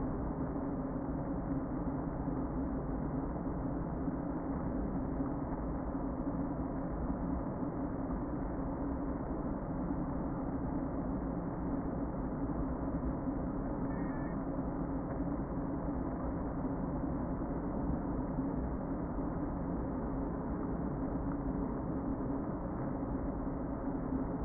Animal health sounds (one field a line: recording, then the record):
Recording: honeybee colony, microphone inside the hive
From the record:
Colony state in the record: queen present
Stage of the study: before two queens were removed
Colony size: about 60,000 bees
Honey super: yes